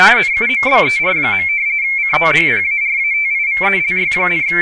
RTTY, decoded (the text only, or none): NUMBER. COMPARATIVELY,